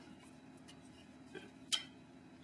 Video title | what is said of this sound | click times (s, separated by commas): GoPro Hero4 Silver Review for First-time User | snaps right into it. | 1.4 s